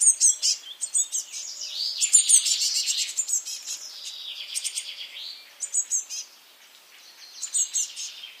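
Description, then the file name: Eurasian blue tit calling, high thin ticking notes in short rapid bursts alternating with a drawn-out buzzy scolding churr. "Cyanistes caeruleus"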